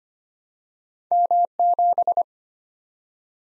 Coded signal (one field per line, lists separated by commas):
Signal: Morse code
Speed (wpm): 25 wpm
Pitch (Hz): 700 Hz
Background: none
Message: M7